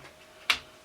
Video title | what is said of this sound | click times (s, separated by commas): QR4rigs QR Solution for DOF Reality F-Bracket | clicks into place when you've got heavy controller like these are heavy controllers | 0.5 s